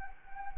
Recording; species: mosquito wingbeat signal from an infrared sensor; Anopheles gambiae